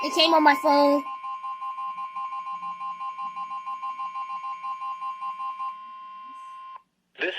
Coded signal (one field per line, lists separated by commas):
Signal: Emergency Alert System (SAME) tones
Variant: 1050 Hz attention tone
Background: speech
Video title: TORNADO WARNING FOR MY COUNTY + FLASH FLOOD WARNING (EAS #72-73)